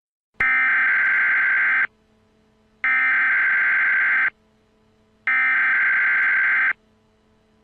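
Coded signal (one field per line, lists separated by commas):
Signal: Emergency Alert System (SAME) tones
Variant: header bursts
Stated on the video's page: Fictional, simulated EAS scenario from an alternate universe, remastered.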